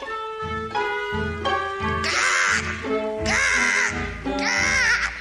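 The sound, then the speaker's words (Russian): Three loud, harsh caws, each lasting under a second, ring out over a steady, bouncy musical backing with a repeating bass line. “А вы знаете, кто у нас в школе нянечкой-то работает? Ворона? Да непростая. Вот, послушайте, что она вам про себя расскажет.”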